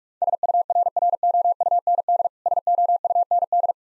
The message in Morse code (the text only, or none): SURROUND SOUND